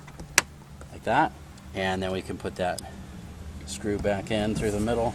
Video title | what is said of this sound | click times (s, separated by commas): 2000-2006 TOYOTA TUNDRA WINDOW REGULATOR / MOTOR REPLACEMENT - DIY | the top and the bottom will snap into place like that | 0.4 s